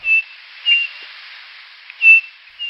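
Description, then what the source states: Striped cuckoo song: clear, pure whistled notes at an even pitch, spaced apart. Found mostly in forests; its local name saci is an onomatopoeic rendering of its song.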